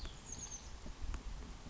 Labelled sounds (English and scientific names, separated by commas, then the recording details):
Chestnut-backed Chickadee (Poecile rufescens)
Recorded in Sonoma County, California